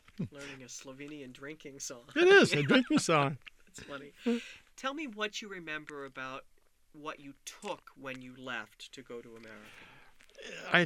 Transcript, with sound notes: Learning a Slovenian drinking song.
It is. A drinking song. (they laugh)
Funny. Tell me what you remember about what you took when you left to go to America.